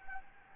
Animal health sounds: mosquito wingbeat signal from an infrared sensor; Anopheles gambiae

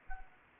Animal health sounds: mosquito wingbeat signal from an infrared sensor; Anopheles arabiensis

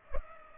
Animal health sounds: mosquito wingbeat signal from an infrared sensor; Culex pipiens

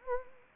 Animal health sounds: mosquito wingbeat signal from an infrared sensor; Anopheles arabiensis

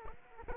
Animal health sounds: mosquito wingbeat signal from an infrared sensor; Aedes aegypti

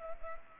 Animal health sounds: mosquito wingbeat signal from an infrared sensor; Culex pipiens

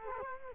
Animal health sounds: mosquito wingbeat signal from an infrared sensor; Culex quinquefasciatus

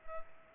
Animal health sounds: mosquito wingbeat signal from an infrared sensor; Culex pipiens

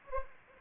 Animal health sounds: mosquito wingbeat signal from an infrared sensor; Anopheles arabiensis

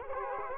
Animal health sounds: mosquito wingbeat signal from an infrared sensor; Culex quinquefasciatus

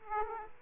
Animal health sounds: mosquito wingbeat signal from an infrared sensor; Aedes aegypti

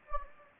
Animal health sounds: mosquito wingbeat signal from an infrared sensor; Anopheles gambiae

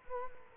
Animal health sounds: mosquito wingbeat signal from an infrared sensor; Culex quinquefasciatus

